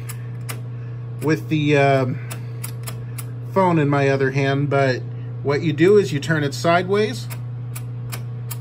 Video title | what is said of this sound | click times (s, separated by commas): Toleblid Safe | you can hear it clicking | 7.8 s, 8.1 s, 8.5 s